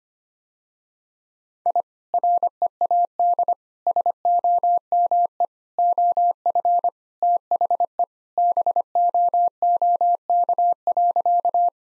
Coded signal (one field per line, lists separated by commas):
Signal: Morse code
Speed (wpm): 25 wpm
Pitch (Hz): 700 Hz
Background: none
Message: I READ SOME OF THE BOOK.